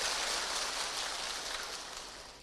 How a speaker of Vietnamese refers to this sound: Nếu ai ở đây cảm thấy mình cũng chỉ sống tri thức thường lạc, chỉ biết đủ là vui thôi, và mình đang có hạnh phúc, chúng ta cho một tràng pháo tay về điều này.